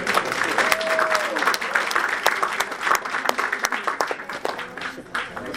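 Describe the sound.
An audience applauds steadily, a dense wash of many hands clapping for several seconds, with a brief whistle-like tone and faint voices mixed into the crowd noise.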